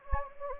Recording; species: mosquito wingbeat signal from an infrared sensor; Anopheles gambiae